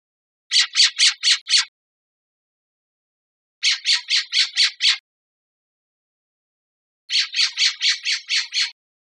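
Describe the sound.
Western scrub-jay giving harsh rasping calls: three quick bursts of five to seven scratchy notes each, separated by pauses of about two seconds, with no other sounds.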